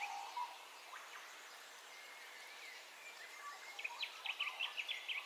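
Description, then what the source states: Birds in a dawn chorus, thin whistled notes at first, then a rapid series of sharp repeated chirps toward the end, against a hissing background. Dawn ambience with bird calls, stereo.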